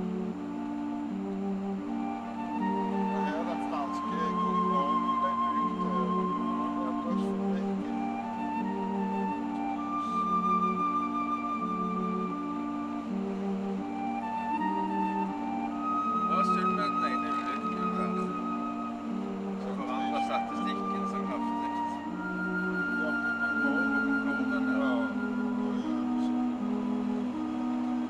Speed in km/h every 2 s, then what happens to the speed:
79, 79, 80, 80, 80, 81, 80, 80, 80, 77, 77, 78, 80, 78.
0-28 steady at about 80.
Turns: none.